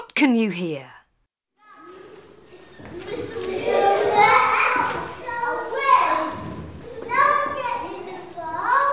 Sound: fx: school classroom